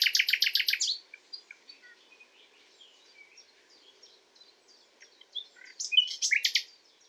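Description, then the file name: Common nightingale singing a rapid burst of loud repeated high notes, followed by soft scattered chirps, then another fast loud rattle of repeated notes near the end. "Luscinia megarhynchos"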